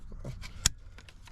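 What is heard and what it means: On a 2014 528i, the retaining clip on the plastic turbo charge pipe coupling is lifted to release the pipe from the engine. Faint rustling and small taps lead up to one sharp, bright click at 0.7 s, followed by a few quieter ticks. The clip snaps open and comes off, releasing the coupling.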